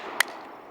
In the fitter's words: When you push on that bar--you hear that click?